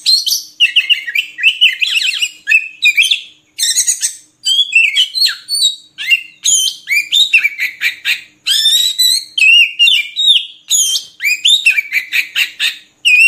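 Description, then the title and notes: Oriental magpie-robin song, a nonstop stream of varied high whistles, slurred notes and quick chattering phrases with very short pauses between them. Kacer song used as isian (filler song for training birds), long-duration recording meant to make birds sing vigorously day and night. "Kacer Jadi Gacor Siang Malam. Isian Kacer Durasi Panjang"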